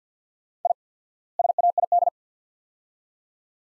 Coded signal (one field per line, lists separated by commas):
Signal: Morse code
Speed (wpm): 50 wpm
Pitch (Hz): 700 Hz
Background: none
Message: I SAID